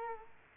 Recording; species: mosquito wingbeat signal from an infrared sensor; Culex quinquefasciatus